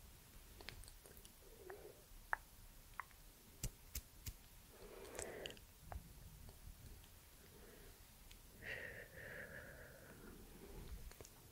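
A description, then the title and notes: Quiet mouth sounds: soft wet smacks and breathy puffs around 2, 5 and 9–10 seconds, with sharp tongue clicks popping out at irregular intervals, several clustered between 3 and 4.5 seconds. A low, faint hiss stays in the background throughout. ASMR Plucking and Pulling with hand movements + soft mouth sounds and tongue clicking for sleep.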